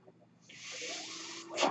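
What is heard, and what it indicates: A steady hiss of air for about a second, then a brief puff: a mechanical ventilator delivering a breath.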